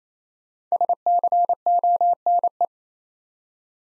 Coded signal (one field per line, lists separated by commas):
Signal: Morse code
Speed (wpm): 28 wpm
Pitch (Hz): 700 Hz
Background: none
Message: SCONE